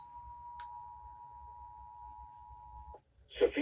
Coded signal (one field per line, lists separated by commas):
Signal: Emergency Alert System (SAME) tones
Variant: 853 and 960 Hz attention tone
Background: speech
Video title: SINGULAR EVENT. Broadcast Radio/TV EAS: Severe Thunderstorm Warning (5/20/23)